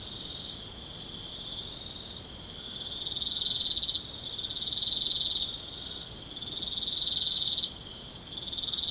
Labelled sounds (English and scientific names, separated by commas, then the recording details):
none
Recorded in pastures near Puerto Asís, Putumayo, Colombia, on 25 June 2025 at 21:30
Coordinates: 0.472, -76.331
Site G095